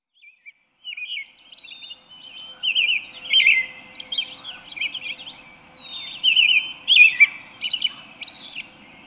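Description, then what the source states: Birds singing: a busy run of varied high chirps and trilled phrases, some overlapping, coming in uneven bursts over a faint low hum. Several birds recorded at dawn.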